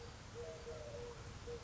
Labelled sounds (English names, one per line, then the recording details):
Eurasian Collared Dove
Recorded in Sonoma County, California